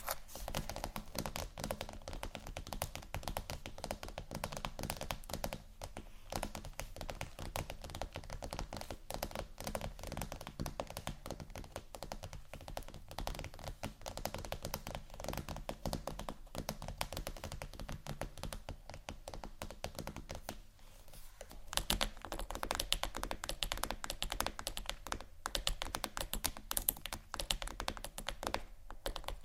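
Scratching sounds, made of dense, rapid strokes and taps that run almost without pause. The texture is crisp and bright over a low steady hum, with a brief softer dip around 21 seconds before the scratching returns louder and busier.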